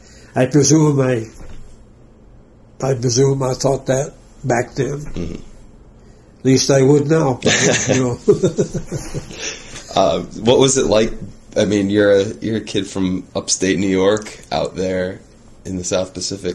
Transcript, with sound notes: I presume I thought that back then. At least, I would now [laughing]
What was it like, I mean you're a kid from Upstate New York, out there in the South Pacific?